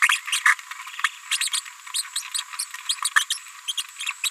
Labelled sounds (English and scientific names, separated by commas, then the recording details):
Green-rumped Parrotlet (Forpus passerinus) babbling
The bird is a female
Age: 31 days
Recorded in a nest box in Venezuela
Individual 17B73B2